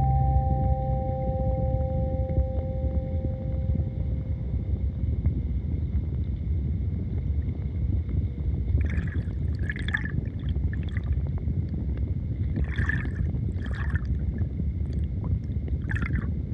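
River water rushes steadily and densely on the Rio Sousa, with a deep, constant rumble throughout. Two sustained chime tones hang over it for the first five seconds, then from about nine seconds bright plucked or struck notes ring out in short, irregular clusters.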